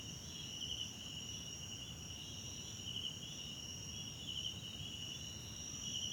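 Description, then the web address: Crickets give a steady shrill trill in two high bands, gently pulsing in loudness, with no other clear sounds. Background crickets at night in a wetland park at Kosi Forest Lodge, South Africa. "Tonschliff - SOUTH AFRICAN CRICKETS BG South Africa Wetland Park Kosi Forest Lodge Night"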